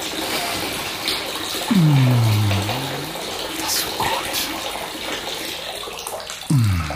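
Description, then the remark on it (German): Warm bath water sloshes and splashes in a tub under a steady wash of noise, with two louder swooping, downward-gliding gurgles a few seconds apart; a voice briefly speaks. “Das Wasser schön warm.”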